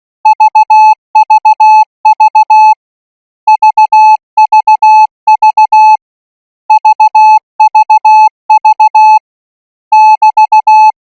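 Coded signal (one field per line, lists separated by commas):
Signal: Morse code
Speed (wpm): 16 wpm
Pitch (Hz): 860 Hz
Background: music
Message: VVV VVV VVV <BT>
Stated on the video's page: Thai radio signal training Morse code practice sent at 20 words per minute.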